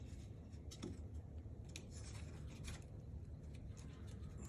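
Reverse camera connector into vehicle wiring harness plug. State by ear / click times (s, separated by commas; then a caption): not seated / none. While replacing the reverse camera on an F150, the plastic camera wiring connector is pushed together with the vehicle wiring harness plug. Soft rubbing and scraping sounds are heard over a steady low background rumble. The connector appears attached, but nothing has clicked yet.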